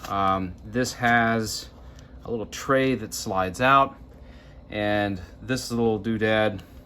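A small plastic accessory piece is handled near the slide-out tray of a travel watercolor paint set while someone talks. Nothing has seated or clicked yet.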